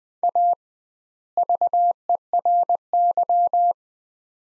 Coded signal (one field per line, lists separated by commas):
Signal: Morse code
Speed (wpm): 20 wpm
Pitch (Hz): 700 Hz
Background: none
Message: A VERY